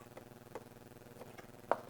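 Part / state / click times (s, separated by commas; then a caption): RAM module into motherboard memory slot / seated / 1.7 s. A RAM memory module is pressed into its motherboard memory slot, and a few faint taps and ticks lead up to one sharp, loud click at 1.7 s. That click is the plastic slot latch snapping locked, leaving the module seated, locked and good to go.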